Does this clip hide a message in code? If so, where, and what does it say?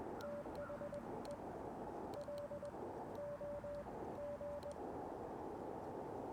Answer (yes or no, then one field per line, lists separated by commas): yes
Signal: Morse code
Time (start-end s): 0.2-4.7 s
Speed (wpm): 21 wpm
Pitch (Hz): 580 Hz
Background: none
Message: THE LOG